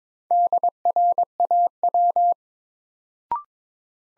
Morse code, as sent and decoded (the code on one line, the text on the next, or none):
-.. .-. .- .--
DRAW